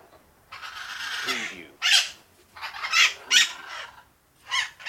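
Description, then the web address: Parakeet calls, raspy chattering phrases and sharp squawks coming in clusters with short pauses between them. Calm parakeets. "the sound pack tree. calm parakeets"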